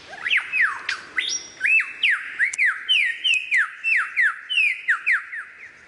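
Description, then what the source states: Lyrebird song: a steady run of loud, clear whistles, each sliding sharply downward, repeated about three times a second. Song variations.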